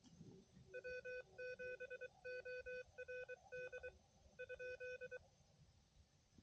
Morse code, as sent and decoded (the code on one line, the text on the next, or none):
.-- --... --- .-. -.. / ..--..
W7ORD ?